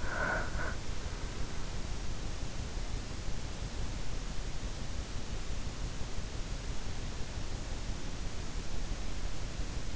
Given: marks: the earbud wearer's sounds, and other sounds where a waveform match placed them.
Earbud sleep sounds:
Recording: sounds in sleep by an in-ear microphone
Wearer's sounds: breath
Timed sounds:
0.00-0.90 s: breath

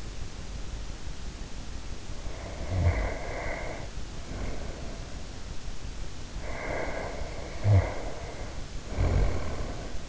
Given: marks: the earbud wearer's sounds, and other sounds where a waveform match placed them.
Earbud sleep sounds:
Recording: sounds in sleep by an in-ear microphone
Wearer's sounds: snoring breath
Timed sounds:
2.13-5.28 s: snoring breath
6.09-10.09 s: snoring breath

